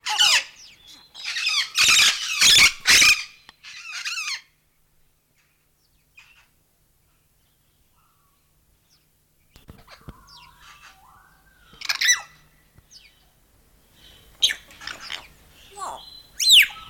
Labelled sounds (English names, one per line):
Major Mitchell's Cockatoo